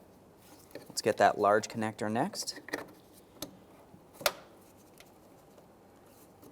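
Someone talks, then a large wiring harness connector is pressed into the back of the headlamp assembly on a 2008-2017 Mitsubishi Lancer, with a faint tick at 3.4 s before a sharp click at 4.3 s. The large headlight connector is seated.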